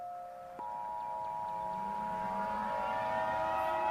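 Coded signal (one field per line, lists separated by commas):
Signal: Emergency Alert System (SAME) tones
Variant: 853 and 960 Hz attention tone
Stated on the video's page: Mock EAS alert, a simulated recreation.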